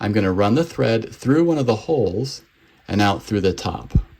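A metal bobbin is handled for a sewing machine's bobbin winder spindle while someone talks, with a brief sharp tap near 4.0 s. The clip ends before the bobbin goes onto the winder, so nothing has seated or clicked yet.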